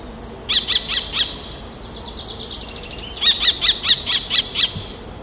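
Common kestrel giving a rapid series of sharp, high 'kee-kee-kee' notes in two bursts, the second run longer, with steady low background hiss.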